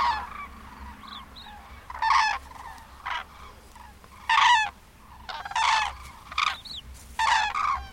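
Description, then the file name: Common crane bugling in harsh, rolling bursts about once a second, with softer calls between the louder phrases. "Daru"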